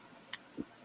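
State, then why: Seated. A plastic part of a Bandai Perfect Grade Millennium Falcon model kit is pushed into the model assembly until it snaps in place, giving a sharp, bright click at 0.3 s. A softer, low thump follows at about 0.6 s over a quiet background. The part is seated.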